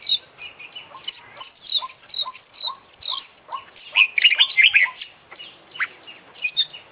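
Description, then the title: Oriental magpie-robin song of quick repeated chip-like notes building to a loud burst of jumbled twittering, then easing back to spaced notes. Indonesian songbird-hobby (kicau mania) kacer; full 'isian' song of a constantly singing (gacor) international champion, used for training other birds. "Kicau Mania - Full Isian Juara Internasional Burung KACER Gacor"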